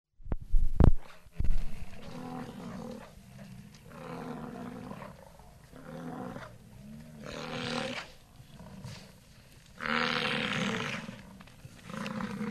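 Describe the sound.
American bison giving low, rumbling roars in repeated surges, with a sharp thump near the start and a harsher bellow toward the end.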